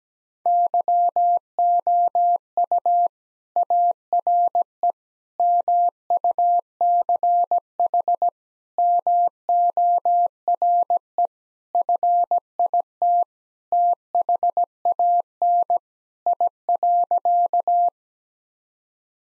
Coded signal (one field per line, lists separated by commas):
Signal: Morse code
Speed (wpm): 17 wpm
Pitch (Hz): 700 Hz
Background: none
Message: YOU ARE MUCH MORE FIT THAN I.